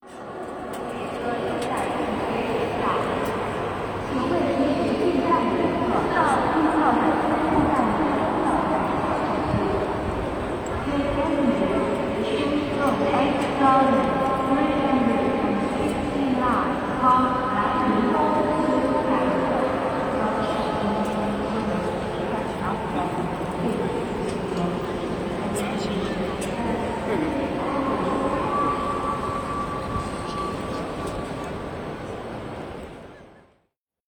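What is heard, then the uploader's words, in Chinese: A high-speed rail station in the early morning, its hall wide and echoing. A voice carries over the loudspeakers, drawn-out tones smearing and ringing in the reverberant space above a steady low rumble. The level stays even throughout, then drops away abruptly near the end. 高铁站：清晨、空旷、回声。上海。Sound Collector:以沫。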